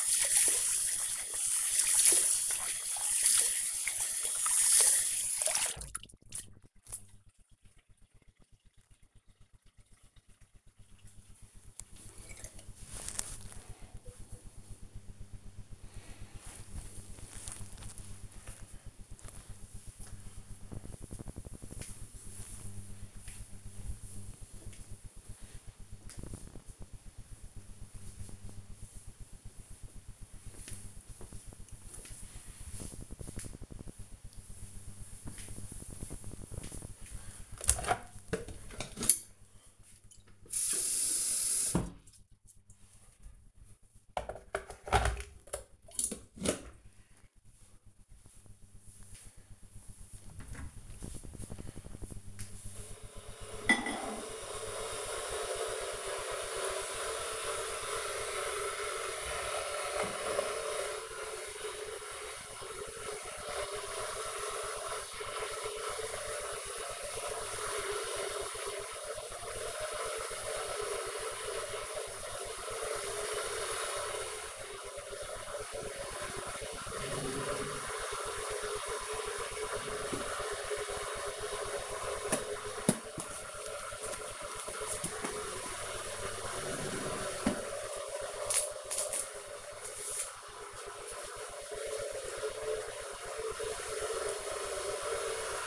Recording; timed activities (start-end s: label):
household activities, microphone on the right wrist
0.00-7.47 s: washing hands
37.61-95.67 s: making tea